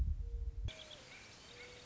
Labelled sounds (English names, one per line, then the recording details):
Mourning Dove
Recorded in Sonoma County, California